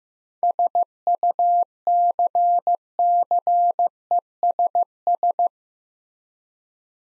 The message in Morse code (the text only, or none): SUCCESS